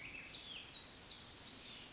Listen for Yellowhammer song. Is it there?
no